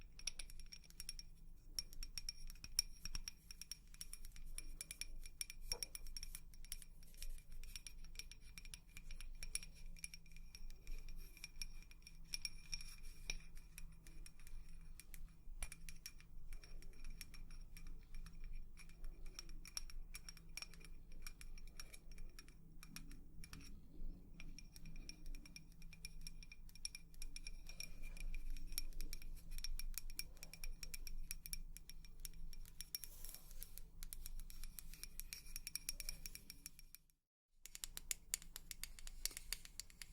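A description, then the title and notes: Long fingernails tap quickly and continuously against a hard, glassy surface, producing dense, bright clicks with a faint clinking ring. The rhythm stays busy throughout, over a low steady hum, with a brief silent dropout near 37 seconds. ASMR 100% Tapping For SleepRelaxation (Long Nails).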